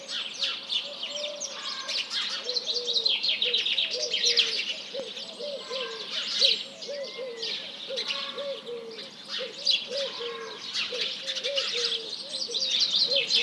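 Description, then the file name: House Sparrow chirps fill the air as a dense chorus, with pigeons cooing prominently in a steady, repeated low rhythm throughout. Large flock calling in the morning at 07:30 on 1 March 2007, mixed with various pigeons. "Réveil des oiseaux"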